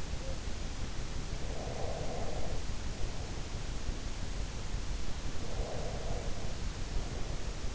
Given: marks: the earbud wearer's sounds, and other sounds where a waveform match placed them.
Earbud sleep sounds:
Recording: sounds in sleep by an in-ear microphone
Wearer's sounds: breath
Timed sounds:
1.33-4.37 s: breath
5.45-7.75 s: breath

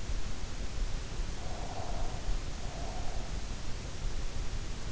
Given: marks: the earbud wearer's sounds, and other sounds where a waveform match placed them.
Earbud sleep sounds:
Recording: sounds in sleep by an in-ear microphone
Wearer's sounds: breath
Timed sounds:
1.24-3.55 s: breath

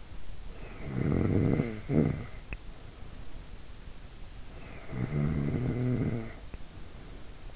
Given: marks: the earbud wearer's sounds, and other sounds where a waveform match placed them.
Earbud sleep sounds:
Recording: sounds in sleep by an in-ear microphone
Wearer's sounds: snoring breath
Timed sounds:
0.54-3.85 s: snoring breath
4.48-7.56 s: snoring breath

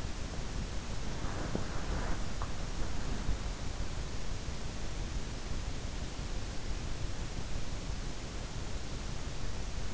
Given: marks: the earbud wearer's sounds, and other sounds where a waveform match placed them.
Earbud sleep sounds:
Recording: sounds in sleep by an in-ear microphone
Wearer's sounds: body movement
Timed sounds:
0.00-3.66 s: body movement

